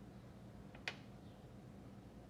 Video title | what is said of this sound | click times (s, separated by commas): BMW 335I N55 F30 quick install of the BMS sport oil cooler valve / BMS Billet oil Thermostat#bmwf30 | you just push it until it clicks | 0.9 s